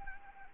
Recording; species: mosquito wingbeat signal from an infrared sensor; Anopheles gambiae